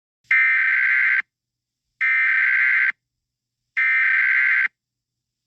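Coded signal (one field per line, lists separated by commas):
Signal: Emergency Alert System (SAME) tones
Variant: header bursts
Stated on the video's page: Fictional EAS scenario, not a real alert.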